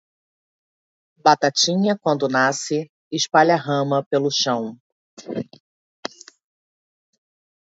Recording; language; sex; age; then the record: short text; Brazilian Portuguese; female; 40 to 49 years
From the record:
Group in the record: control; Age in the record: 44 years